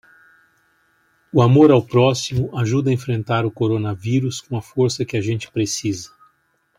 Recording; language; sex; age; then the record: spoken sentence; Brazilian Portuguese; male; 60 to 69 years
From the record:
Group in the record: control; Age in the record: 61 years